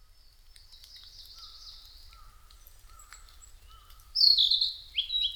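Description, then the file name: Narcissus flycatcher song: a quiet high drawn-out note with faint lower notes, then loud whistled, slurred phrases near the end. Recorded 5 May 2008 at 07:22. "kibitaki 20080505-0722"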